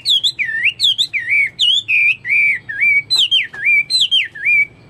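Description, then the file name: Chinese hwamei song of clear looping whistles, alternating higher and lower slurred notes about twice a second. "omkicau hwamei"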